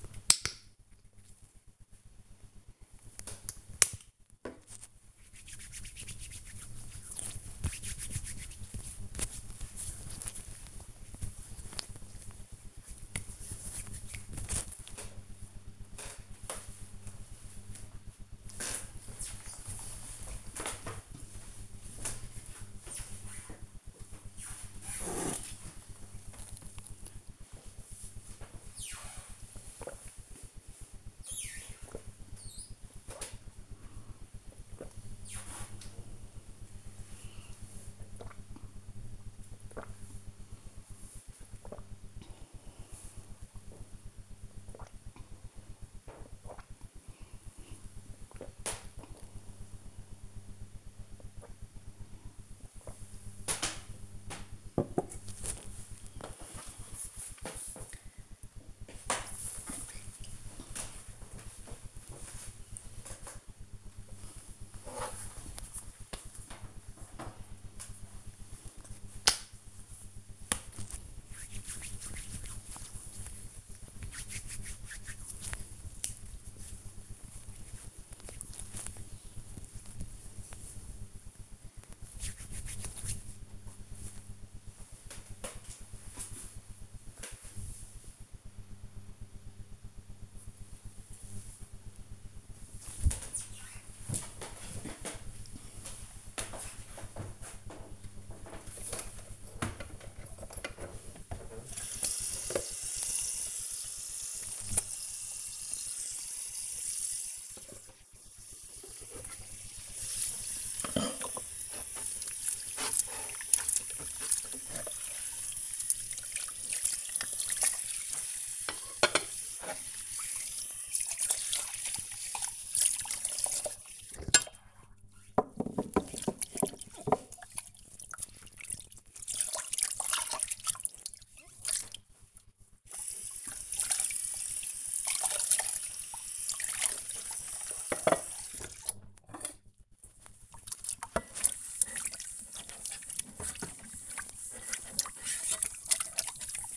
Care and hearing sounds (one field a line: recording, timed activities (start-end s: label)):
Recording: household activities, microphone on the right wrist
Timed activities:
0.00-14.91 s: disinfecting hands
23.94-53.09 s: drinking
63.16-83.28 s: cream hands
97.35-146.77 s: washing dishes